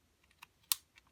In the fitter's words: push it until it clicks it's locked in place now we can release it